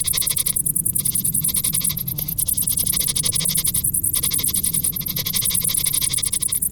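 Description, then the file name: Cricket chirping, dense high-pitched pulsing repeated many times a second, with low rumbling noise beneath. "Grillen"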